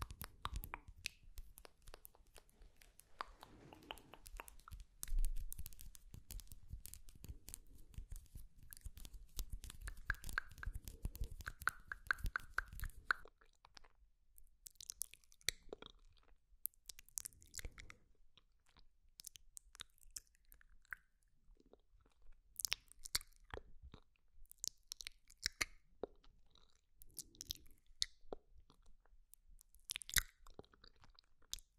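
Wet mouth sounds: dense chewing and crunchy clicks for the first thirteen seconds, with a low rumble underneath. After that the low hum drops away and sparser, sharper clicks and smacks come in uneven bursts until the end.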